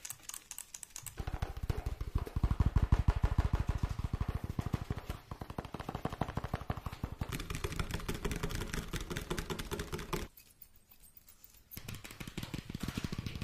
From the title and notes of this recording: Fast Tapping Deluxe Edition [Binaural Eargasm].